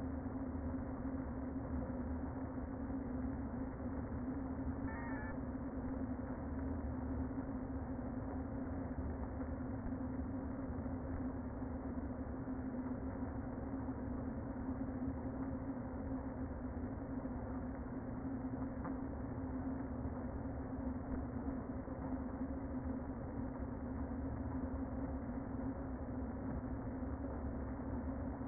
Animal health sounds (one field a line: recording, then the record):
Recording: honeybee colony, microphone inside the hive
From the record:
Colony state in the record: queen present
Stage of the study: before two queens were removed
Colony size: about 60,000 bees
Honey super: yes